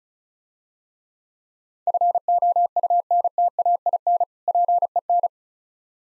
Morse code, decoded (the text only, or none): FOUNTAIN PEN